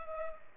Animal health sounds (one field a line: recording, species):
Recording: mosquito wingbeat signal from an infrared sensor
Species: Culex pipiens